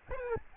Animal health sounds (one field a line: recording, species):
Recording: mosquito wingbeat signal from an infrared sensor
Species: Aedes albopictus